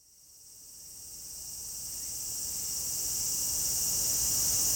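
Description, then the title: Cicada chorus fading in steadily, a dense high shimmering hiss with stacked bright bands, growing louder throughout. Shrine's sacred forest in Japan, northernmost habitat on the Sea of Japan side; possibly end of season; cicadas calling fairly well; recorded with an MKH8020 microphone. "能生白山神社のヒメハルゼミ"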